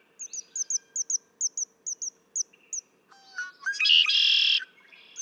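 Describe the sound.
Red-winged blackbird song, preceded by a rapid series of thin, high chip notes, then stuttering lower notes building into one loud, buzzy trill.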